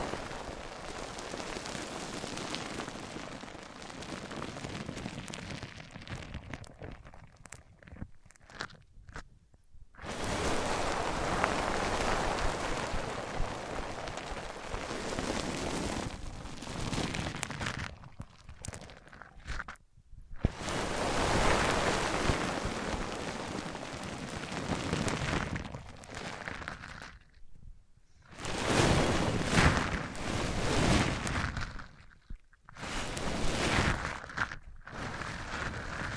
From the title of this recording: Rubbing Mics On Different Surfaces